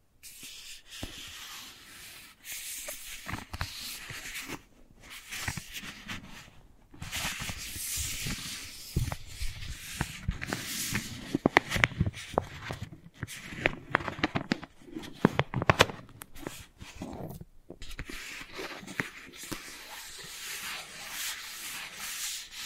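Wooden ball triggers: soft rubbing and scraping against wood, with a bright, hissy texture that comes in bursts separated by brief silences. Between about 11 and 16 seconds, sharper clicks and taps cluster more densely before the gentle rubbing resumes.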